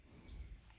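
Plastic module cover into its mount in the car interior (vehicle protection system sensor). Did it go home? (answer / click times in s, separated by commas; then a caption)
no / none. A plastic module cover for a vehicle protection system sensor is handled and lined up with its mount in a car interior, with low rumbling handling noise and a brief faint tick near 0.7 s. The clip ends before the cover goes home, so nothing has seated or clicked yet.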